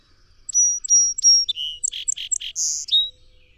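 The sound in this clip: Song sparrow song: three sharp whistles, a lower buzzy note, then a fast series of burry notes and a high phrase, ending on a lower note.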